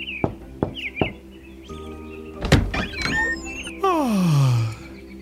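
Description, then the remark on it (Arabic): Three sharp knocks rap on a door, then it swings open with a drawn-out creak that slides downward in pitch, faint chirping in the background. Juha knocks eagerly on the door and Bilal opens it, yawning. “المهم أنه حين وصلنا إلى هناك طرق جحا الباب وهو في قمة النشاط والحماس، ففتح له بلال الباب وهو يتثاءب.”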